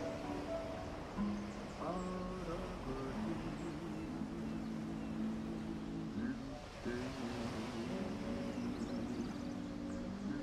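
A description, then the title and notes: Ocean waves make a steady, dense wash of surf that fills all ten seconds without a break. Low sustained droning tones run underneath, shifting pitch every second or two, and a few brief, faint higher cries appear near two and seven seconds. Ocean waves w/ birds, seagulls.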